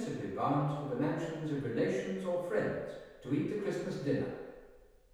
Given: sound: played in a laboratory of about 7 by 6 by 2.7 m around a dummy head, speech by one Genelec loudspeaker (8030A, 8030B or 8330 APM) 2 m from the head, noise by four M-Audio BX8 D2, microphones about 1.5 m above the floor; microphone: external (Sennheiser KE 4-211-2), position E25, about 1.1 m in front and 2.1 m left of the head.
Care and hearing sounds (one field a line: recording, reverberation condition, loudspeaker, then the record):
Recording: male speech in English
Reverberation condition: high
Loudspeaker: 90 degrees to the right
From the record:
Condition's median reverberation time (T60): about 1300 ms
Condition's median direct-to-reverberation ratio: about -4.0 dB